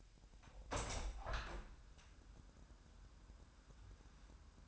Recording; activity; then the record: daily activity, microphone in the room; open window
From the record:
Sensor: 2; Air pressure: 1000.0 hPa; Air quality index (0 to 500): 235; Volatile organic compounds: 70 ppm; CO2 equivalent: 3521 ppm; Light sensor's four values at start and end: 8/20/8/8 and 9/21/8/8